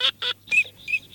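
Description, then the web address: Eurasian teal calls: a few short, bright, slightly buzzy notes in quick succession, the later ones thinner and more whistled, over a faint low hum. "Чирок-свистунок Alzavola. plurifon"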